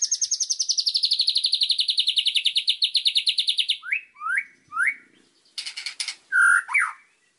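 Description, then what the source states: White-rumped shama song: a long, rapid trill that slowly falls in pitch, followed by several short upslurred whistles and a few harsh scattered notes. Masteran song, a training recording used to teach birds to sing.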